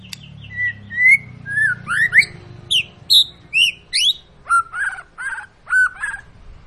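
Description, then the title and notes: White-rumped shama song: a string of bright whistled notes rising and falling, repeated about twice a second, ending in lower buzzy phrases over a low hum. Long, lively ('gacor') lure song of murai batu, played to prompt birds to sing. "Pancingan Murai Batu Gacor Panjang. muraiku"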